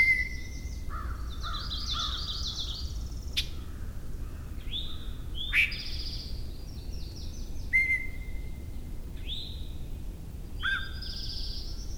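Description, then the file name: Yellow-breasted chat song: a jumble of separate phrases, including steady whistles, harsh downslurred notes and quick chatters, spaced a second or two apart over a low rumbling background. Bear Swamp, Maryland, 11 May 2011. "Yellow-breasted Chat Bear Swamp MD"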